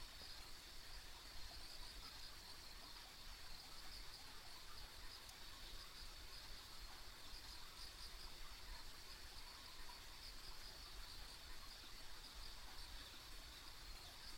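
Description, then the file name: Insect chorus forming a constant high-pitched drone flecked with small chirps, unbroken for the whole stretch, over a low rushing background hiss. Ambient insect sounds along a rural country road. "田舎道の虫の環境音"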